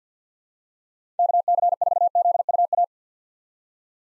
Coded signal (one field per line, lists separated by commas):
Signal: Morse code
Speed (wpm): 50 wpm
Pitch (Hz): 700 Hz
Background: none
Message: KC4ZUA